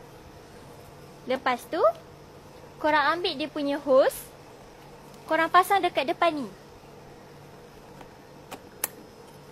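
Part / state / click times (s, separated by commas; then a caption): hose coupling into pressure washer outlet / seated / 8.8 s. Someone talks, then a hose coupling is fitted onto the front outlet of a Bossman BPC18 water jet pressure washer. A few quiet contacts at about 8.0 s and 8.5 s while lining it up are followed by a loud, sharp click at 8.8 s as the coupling locks in and seats.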